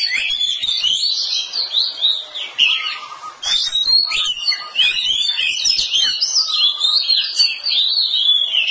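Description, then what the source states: Oriental magpie-robin pouring out continuous varied song, bright whistled phrases and chattering notes with hardly a break. Long-duration song.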